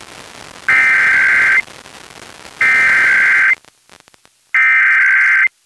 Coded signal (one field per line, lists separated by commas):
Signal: Emergency Alert System (SAME) tones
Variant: header bursts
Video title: EAS #948: EAS Required Monthly Test- July 12, 2024- 10:50AM PDT